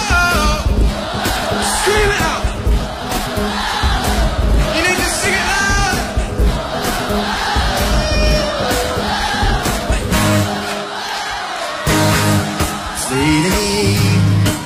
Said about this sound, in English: So on this song, we are going to scream as loud as we can. Put your hands in the air and clap, clap, clap, clap. Sing this loud. Sing.